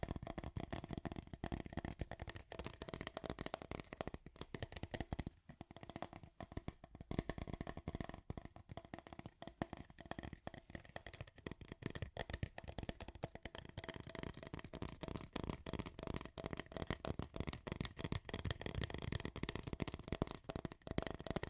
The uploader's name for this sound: Scratchy Tapping